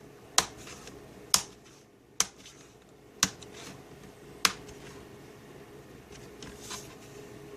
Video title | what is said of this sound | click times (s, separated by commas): Laptop screen replacement / How to replace laptop screen Inspiron 15 3521 | close it to get at the back part of it snap off that | 0.4 s, 1.3 s, 2.2 s, 3.2 s, 4.4 s